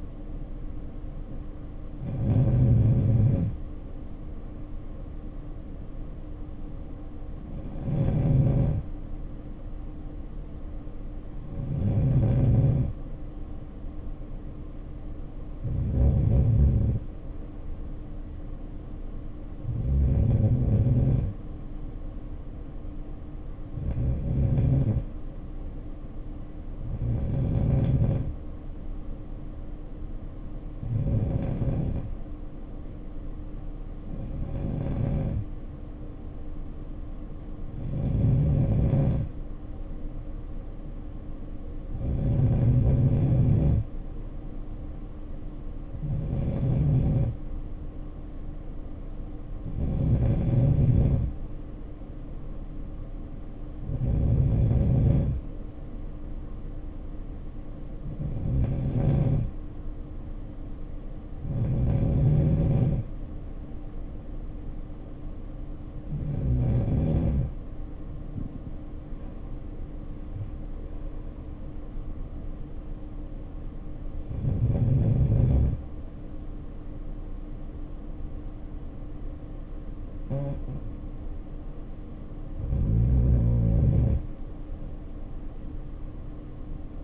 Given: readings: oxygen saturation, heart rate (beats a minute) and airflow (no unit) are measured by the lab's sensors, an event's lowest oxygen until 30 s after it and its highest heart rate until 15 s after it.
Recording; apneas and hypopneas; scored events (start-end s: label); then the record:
breathing in sleep by a smartphone at the bedside; none
none scored
From the record:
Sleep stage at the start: N2 (light sleep); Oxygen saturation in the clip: 91 to 94%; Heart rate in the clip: 54 to 64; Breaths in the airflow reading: 20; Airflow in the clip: -7.1 to 6.8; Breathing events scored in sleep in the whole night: 520 in 7.2 hours asleep